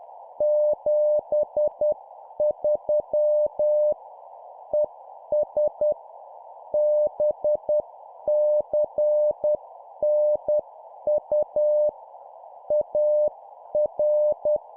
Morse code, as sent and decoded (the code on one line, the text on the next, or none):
--... ...-- / . ... / -... -.-. -. ..- / .- .-.
73 ES BCNU AR